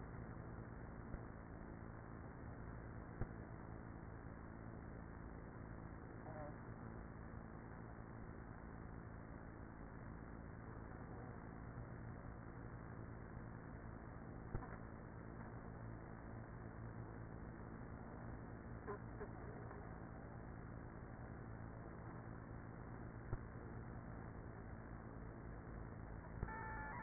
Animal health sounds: honeybee colony, microphone inside the hive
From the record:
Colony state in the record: queenless with a low population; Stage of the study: after two queens were removed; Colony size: about 30,000 bees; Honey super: no

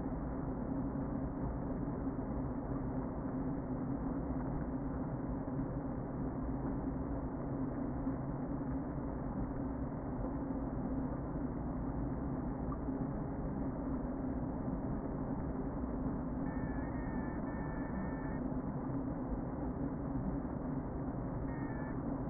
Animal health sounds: honeybee colony, microphone inside the hive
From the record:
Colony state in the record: queen present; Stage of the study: before two queens were removed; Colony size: about 60,000 bees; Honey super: yes

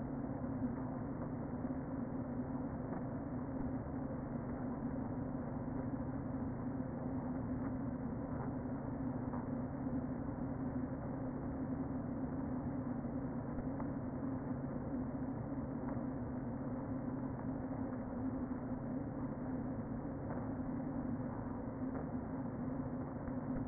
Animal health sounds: honeybee colony, microphone inside the hive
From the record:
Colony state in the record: queen present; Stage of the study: before two queens were removed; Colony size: about 60,000 bees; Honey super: yes

